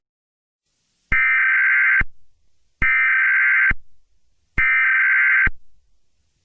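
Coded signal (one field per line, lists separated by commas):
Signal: Emergency Alert System (SAME) tones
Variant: header bursts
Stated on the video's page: Fictional scenario remake.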